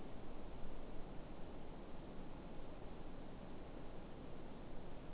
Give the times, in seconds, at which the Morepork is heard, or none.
none